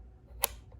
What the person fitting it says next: There you go. It kind of snaps into place.